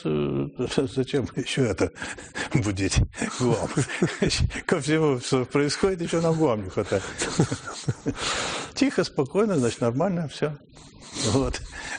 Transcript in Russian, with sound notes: зачем ещё это будить – ГУАМ?... Ко всему, что там происходит, ещё нам ГУАМа не [смеются] Тихо, спокойно – значит, нормально всё. Вот.